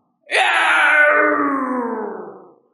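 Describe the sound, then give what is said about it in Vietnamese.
A single long, harsh scream from a winged beast just pierced through the belly by a large spear, with a strong rasping tone, starting loud and sharp, then slowly sliding down in pitch and fading over about two seconds. “Đầu sông đầu lân chuẩn phát ra một tiếng hét dài, cả người nặng nề rơi xuống dưới, nhưng lại rất nhanh bay lên, vỗ hai cánh bay về phía xa.”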